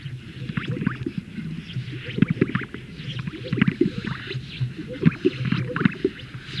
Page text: Greater Sage Grouse Lek Sound Effect. Funny Sound Effects. Greater Sage Grouse males performing at a lek, where they inflate a large sac and release the air